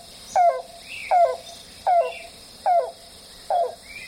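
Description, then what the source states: Yellow-billed cuckoo calling: hollow, clucking kalp notes repeated five times, about one every 0.8 seconds, with faint higher chirps between them. Recorded from a thicket of shrubs beside a boardwalk on the east side of Okefenokee National Wildlife Refuge; call rendered as kalp, kalp.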